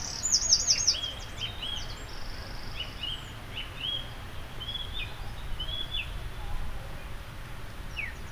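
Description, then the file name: Eurasian wren: a loud high trill and a brief buzzy rattle, with a series of short chirped notes, over constant low background noise. "Troglodytes troglodytes"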